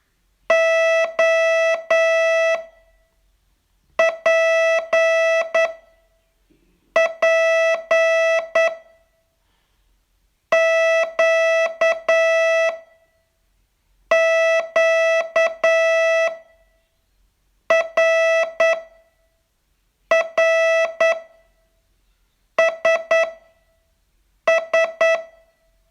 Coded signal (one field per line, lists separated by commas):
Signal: Morse code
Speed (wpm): 9 wpm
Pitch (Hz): 660 Hz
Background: none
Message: O P P Q Q R R S S